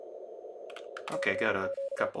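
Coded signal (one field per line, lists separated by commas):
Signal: Morse code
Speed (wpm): 33 wpm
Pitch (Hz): 560 Hz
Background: speech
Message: KQ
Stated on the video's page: ARRL Sweepstakes CW contest operating from Utah, calling CQ and running stations, copied by ear.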